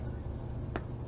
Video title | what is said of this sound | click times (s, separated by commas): DIY Fabric Button Earrings- Cheaper Alternative | see you hear pop that's how you know you did it right you'll you'll hear a pop but | 0.8 s